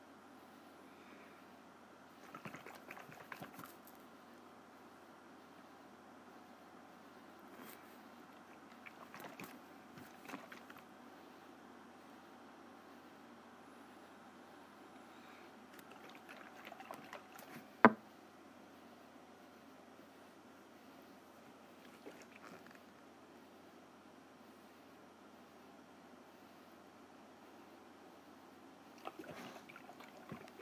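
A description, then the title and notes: A snow globe is shaken in short, soft bursts of rustling swish around 3, 10, 17 and 29 seconds, with a sharp click just before 18 seconds. Between shakes a steady low hum and a faint thin whine fill the quiet. ASMR Snow Globe Shaking.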